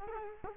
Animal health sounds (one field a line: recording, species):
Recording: mosquito wingbeat signal from an infrared sensor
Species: Culex quinquefasciatus